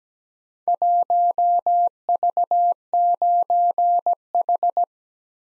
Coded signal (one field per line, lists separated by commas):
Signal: Morse code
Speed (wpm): 17 wpm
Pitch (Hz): 700 Hz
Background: none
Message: 1V9H